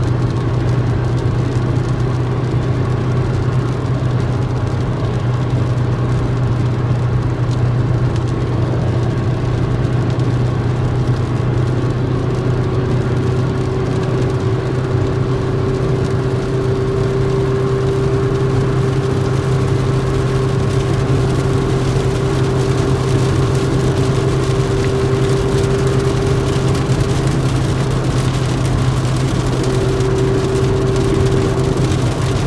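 Inside a car on a rainy drive, a steady low engine drone and road rumble fill the cabin, with a fine hiss of rain and spray across the roof and windshield. A faint whining tone rises in from around twelve seconds and holds, dropping briefly near twenty-eight seconds.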